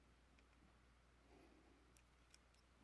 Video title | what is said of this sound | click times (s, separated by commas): Golden Harvest v3 (GHv3) modular TRI CREE LED and Neopixel support all in one lightsaber sound board | Hear that click. | 2.3 s